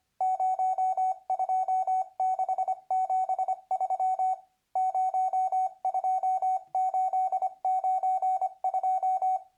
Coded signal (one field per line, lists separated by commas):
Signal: Morse code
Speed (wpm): 24 wpm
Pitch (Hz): 750 Hz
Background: none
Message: 02673 02892